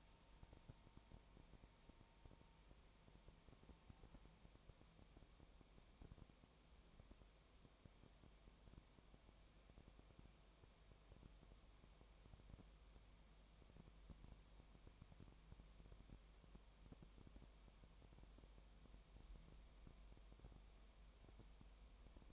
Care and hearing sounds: daily activity, microphone in the room; no activity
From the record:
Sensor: 1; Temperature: 19.4 degrees Celsius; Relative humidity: 35.7%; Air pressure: 1003.3 hPa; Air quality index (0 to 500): 113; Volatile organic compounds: 2 ppm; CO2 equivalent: 1260 ppm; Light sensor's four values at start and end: 1/2/1/1 and 1/2/1/1

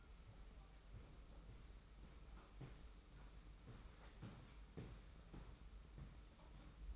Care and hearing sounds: daily activity, microphone in the room; walk to room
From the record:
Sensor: 1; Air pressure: 991.1 hPa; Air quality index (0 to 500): 90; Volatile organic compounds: 32 ppm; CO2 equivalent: 2997 ppm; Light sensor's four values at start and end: 35/114/44/46 and 35/113/44/46

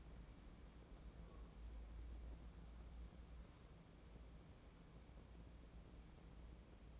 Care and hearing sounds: daily activity, microphone in the room; wipe stove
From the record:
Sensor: 1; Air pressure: 1012.4 hPa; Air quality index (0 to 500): 144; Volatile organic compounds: 2 ppm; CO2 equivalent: 1185 ppm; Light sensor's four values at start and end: 3574/6979/3513/3648 and 3433/6711/3376/3512

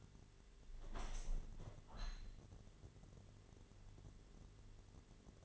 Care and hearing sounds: daily activity, microphone in the room; open window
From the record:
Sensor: 4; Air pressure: 1007.3 hPa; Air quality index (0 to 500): 199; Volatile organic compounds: 7 ppm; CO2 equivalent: 1982 ppm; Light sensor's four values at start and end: 23/73/28/27 and 23/73/28/27

